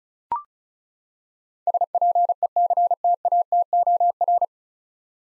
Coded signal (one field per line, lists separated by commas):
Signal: Morse code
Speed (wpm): 36 wpm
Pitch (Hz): 700 Hz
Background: none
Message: SPECTATOR